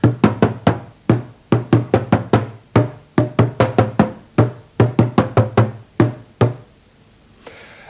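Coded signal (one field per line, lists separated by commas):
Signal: talking drum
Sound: quick groups of resonant drum strokes in a speech-like rhythm, then a pause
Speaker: a nancy plays the name of the sky god's daughter the dwarza man pencer on his talking drums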